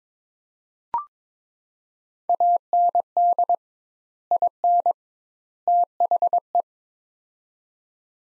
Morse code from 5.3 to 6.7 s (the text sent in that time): THE